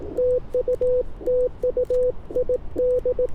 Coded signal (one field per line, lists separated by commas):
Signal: Morse code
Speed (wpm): 18 wpm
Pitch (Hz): 500 Hz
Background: none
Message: TU TU ID